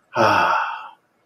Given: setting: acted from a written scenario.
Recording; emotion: vocal sound without words; contentment